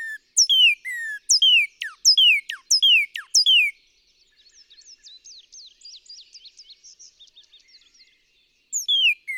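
Northern cardinal song: loud clear whistles slurring downward, repeated rapidly in a series, then a pause filled by faint high twittering before the whistled phrases begin again.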